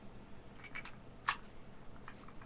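A Supra 001193 KeySafe Slimline combination chamber, after a failed first try, is pushed into the key safe housing again. Soft scuffs lead to sharp clicks at 0.9 s and 1.3 s as the chamber latches home and is seated. Someone talks.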